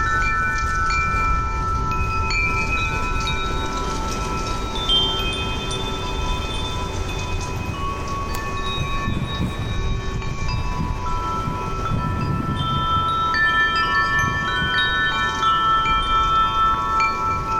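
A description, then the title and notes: Chimes tinkle softly and continuously, their bright, clear tones overlapping and ringing on with long sustains as new strikes arrive every second or so. A low rumble of wind sits underneath throughout, swelling slightly in the middle and toward the end. Sunrise Meditation with Wind Chimes. The soft tinkling of chimes.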